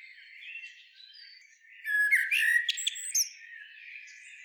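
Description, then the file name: Eurasian blackbird song, one fluty warbled phrase closing with sharp, high squeaks, set between softer twittering. "Turdus merula"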